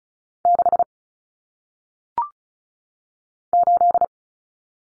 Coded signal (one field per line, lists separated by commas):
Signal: Morse code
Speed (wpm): 36 wpm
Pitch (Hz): 700 Hz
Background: none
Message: 6 8